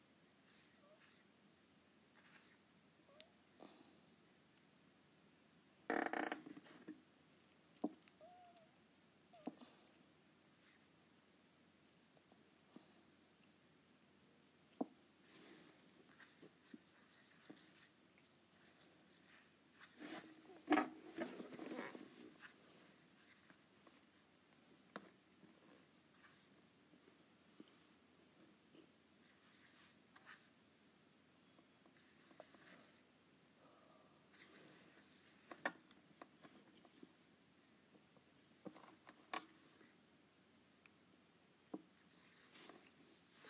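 An Apple Pencil taps and scratches on an iPad in sparse, irregular clicks, with denser bursts of scribbling near six and twenty-one seconds.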